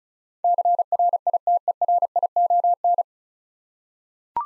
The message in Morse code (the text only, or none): CRITERION